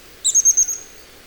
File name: Pink legged graveteiro